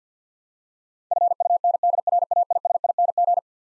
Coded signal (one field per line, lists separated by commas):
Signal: Morse code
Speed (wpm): 50 wpm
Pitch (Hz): 700 Hz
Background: none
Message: FUNDRAISING